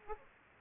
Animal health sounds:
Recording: mosquito wingbeat signal from an infrared sensor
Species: Aedes aegypti

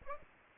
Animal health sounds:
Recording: mosquito wingbeat signal from an infrared sensor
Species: Aedes aegypti

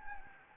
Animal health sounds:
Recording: mosquito wingbeat signal from an infrared sensor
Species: Anopheles gambiae

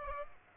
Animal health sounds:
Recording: mosquito wingbeat signal from an infrared sensor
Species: Aedes aegypti

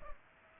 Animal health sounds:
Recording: mosquito wingbeat signal from an infrared sensor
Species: Culex pipiens

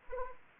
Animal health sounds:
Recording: mosquito wingbeat signal from an infrared sensor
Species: Anopheles arabiensis

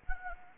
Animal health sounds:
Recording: mosquito wingbeat signal from an infrared sensor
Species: Anopheles gambiae

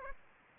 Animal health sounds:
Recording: mosquito wingbeat signal from an infrared sensor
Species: Aedes aegypti

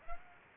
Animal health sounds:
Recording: mosquito wingbeat signal from an infrared sensor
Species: Aedes aegypti

